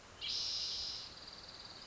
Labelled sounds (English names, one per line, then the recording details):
Spotted Towhee
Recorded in Sonoma County, California